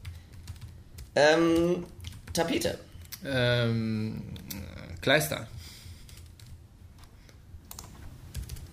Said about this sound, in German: Er tippt.